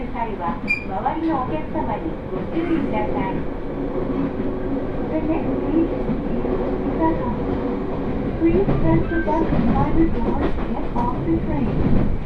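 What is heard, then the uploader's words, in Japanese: A train rolls along with a steady low rumble and rattle that stays dense from start to finish, growing slightly louder after the eighth second. Voices murmur through it, likely passengers talking, with short tonal squeals or chimes scattered throughout. 耳で楽しむ鉄道旅 東北本線・北上線 花巻→北上→和賀仙人。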